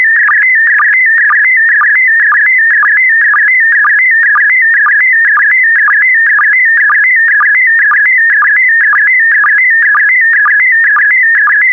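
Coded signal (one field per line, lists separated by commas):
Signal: SSTV (slow-scan television)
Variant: PD120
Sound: warbling, buzzing tone shifting in pitch, with a rhythmic low blip twice a second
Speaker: complete. You can now check your decoded image against the picture that is shown on the video.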